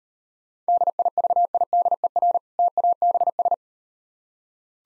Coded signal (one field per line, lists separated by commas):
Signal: Morse code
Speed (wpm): 38 wpm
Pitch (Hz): 700 Hz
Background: none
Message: DIVIDER TABS